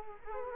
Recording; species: mosquito wingbeat signal from an infrared sensor; Culex quinquefasciatus